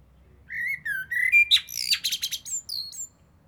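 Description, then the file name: Eurasian blackbird song: a few smooth flute-like whistles, a brief steady note, then a squeaky chattering flourish and two thin high notes to close. "Turdus merula"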